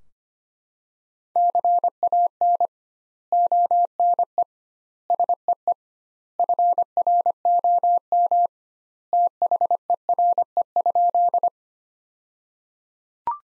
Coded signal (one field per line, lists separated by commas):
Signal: Morse code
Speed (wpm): 25 wpm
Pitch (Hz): 700 Hz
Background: none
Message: CAN ONE SEE FROM THERE?